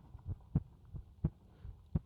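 Soft low thumps arrive in steady paired beats, about 85 a minute, with a regular rhythm and no extra sounds between the beats. It is an adult woman's heartbeat heard up close at her chest.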